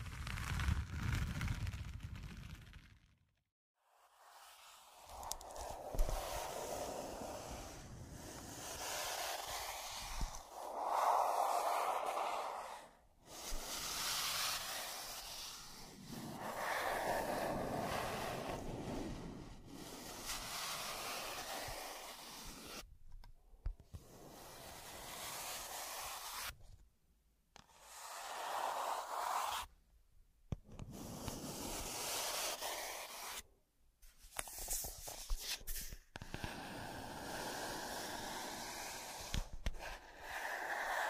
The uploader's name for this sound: Pure Scratching